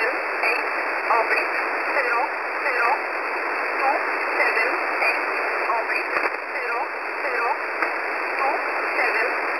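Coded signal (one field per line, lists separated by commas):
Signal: numbers station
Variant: E11 Oblique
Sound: faint voice reading short evenly spaced words through heavy hissing shortwave static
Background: radio static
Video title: E11 Oblique 13/07/2023 0930 UTC 6923kHz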